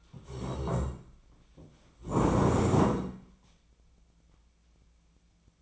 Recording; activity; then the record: daily activity, microphone in the room; stand up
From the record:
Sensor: 1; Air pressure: 1012.3 hPa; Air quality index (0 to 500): 177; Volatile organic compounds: 3 ppm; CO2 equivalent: 1453 ppm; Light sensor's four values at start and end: 44/120/49/59 and 44/120/49/60